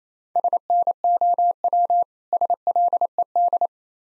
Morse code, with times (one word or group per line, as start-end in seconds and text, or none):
0.4-2.0 SNOW
2.3-3.7 SLED